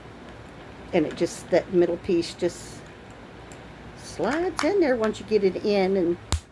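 Someone talks while sliding the middle insert piece of a plastic pill or storage case into its lid, with light handling sounds. Nothing has seated or snapped into place yet by the end of the clip.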